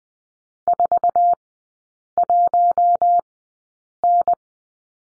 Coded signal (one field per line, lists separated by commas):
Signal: Morse code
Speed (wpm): 20 wpm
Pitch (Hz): 700 Hz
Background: none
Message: 41N